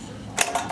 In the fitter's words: Boom. Once I hear that click, I know that it just released my GPU from being locked down.